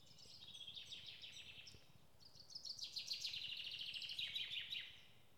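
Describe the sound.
Bird song, two rapid warbling phrases, a softer one at first and a longer, louder chattering run after a short pause.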